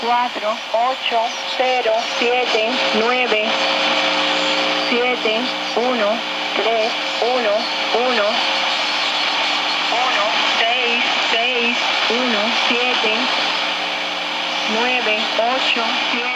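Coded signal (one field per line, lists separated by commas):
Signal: numbers station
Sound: a voice reading short, evenly spaced words through heavy radio hiss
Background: radio static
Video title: Cuban Numbers Station on the Sony ICF-2010 receiver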